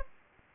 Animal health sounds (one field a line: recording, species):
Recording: mosquito wingbeat signal from an infrared sensor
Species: Anopheles arabiensis